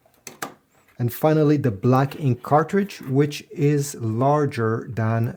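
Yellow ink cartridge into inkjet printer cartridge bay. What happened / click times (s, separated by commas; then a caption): Ink cartridge clicks home / 0.4 s. A yellow ink cartridge is pushed into the cartridge bay of a Brother MFC-J1365DW inkjet printer, giving two short sharp knocks at 0.3 s and 0.4 s. The cartridge clicks into place at 0.4 s and is seated. From about 1 s onward, someone talks.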